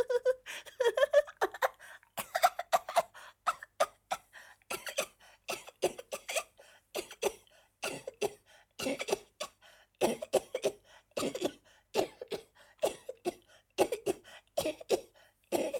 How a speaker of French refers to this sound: Elle éclata de rire, mais son rire s'acheva dans une quinte de toux qui lui fit perdre la respiration.